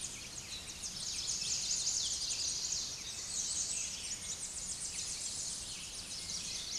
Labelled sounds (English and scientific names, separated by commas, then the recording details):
Tennessee Warbler (Leiothlypis peregrina) song
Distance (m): 50 m
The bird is about 5 m above the microphone
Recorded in a Pennsylvania forest on 16 May 2024 at 08:34
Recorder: AudioMoth, point MSD-2112
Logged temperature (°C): 16.3 °C
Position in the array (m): 65 m, 173 m